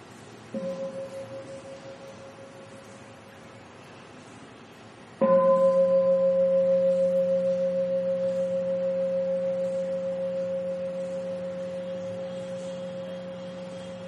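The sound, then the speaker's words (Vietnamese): A meditation bell is struck twice during a Buddhist dharma talk, with listeners invited to breathe with it: a soft invitation tap, then a full ring whose pure sustained tone with a low hum slowly fades over about nine seconds. No voices. “Xin mời quý vị thở theo tiếng chuông.”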